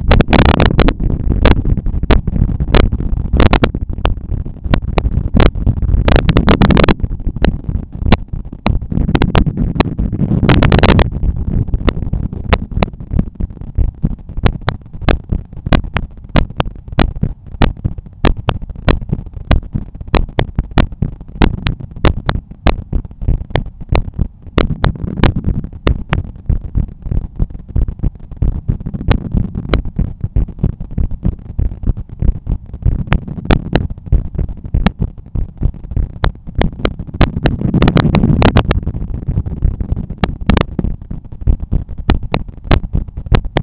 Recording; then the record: heart sounds by stethoscope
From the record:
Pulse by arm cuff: 95 bpm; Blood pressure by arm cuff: 122/77 mmHg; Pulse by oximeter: 95 bpm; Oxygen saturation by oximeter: 98%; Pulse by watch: 96 bpm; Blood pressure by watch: 114/76 mmHg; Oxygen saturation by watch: 97%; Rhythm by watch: sinus rhythm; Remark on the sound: wave loud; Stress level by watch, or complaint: medium stress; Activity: after lunch and office activities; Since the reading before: plus 1200 steps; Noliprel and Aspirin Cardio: after pills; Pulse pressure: 45 mmHg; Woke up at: 6:50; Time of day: 15:25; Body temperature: 36.7 C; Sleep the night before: 8 h 16 min, score 66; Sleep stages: REM 20%, light 64%, deep 6%, awake 10%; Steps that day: 6850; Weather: rain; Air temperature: 19.1 C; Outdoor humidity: 84%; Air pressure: 1007 hPa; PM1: 0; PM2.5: 0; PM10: 0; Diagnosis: hypertension, treated with Noliprel and Aspirin Cardio 100 mg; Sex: male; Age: 53 years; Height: 174 cm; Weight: 81 kg